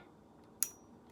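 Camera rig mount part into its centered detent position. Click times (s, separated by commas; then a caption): 0.6 s. A part of a camera support rig, possibly a monitor mount or rail, is slid into its centered position. A single sharp, bright click sounds at 0.6 s, with a brief high ring fading over a fraction of a second against a quiet background, as the part seats into its centered detent.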